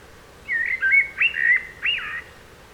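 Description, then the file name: Common blackbird singing one fluty, warbled phrase of whistled notes over a quiet steady background. "Turdus merula"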